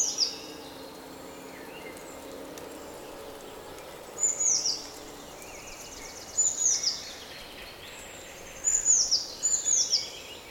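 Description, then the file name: Eurasian blue tit calling: sharp, high, downslurred tsee notes in brief bursts every few seconds, with soft hiss beneath. "Cyanistes caeruleus"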